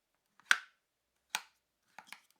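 The plastic latch on the lid of a hard-shell Invicta single watch box is worked again and clicks closed with a crisp, chunky latching action. It seats with sharp clicks at 0.5 s and 1.4 s, followed by softer ticks around 2.0 and 2.1 s.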